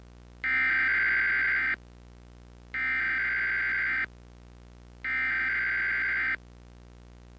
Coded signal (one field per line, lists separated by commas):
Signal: Emergency Alert System (SAME) tones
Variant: header bursts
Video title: Hell Emergency Alert System | Hazbin Hotel Fan Made | VHS